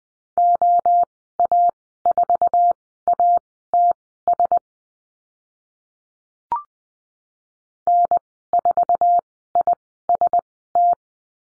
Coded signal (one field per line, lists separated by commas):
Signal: Morse code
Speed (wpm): 20 wpm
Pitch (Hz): 700 Hz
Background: none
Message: OA4ATS N4IST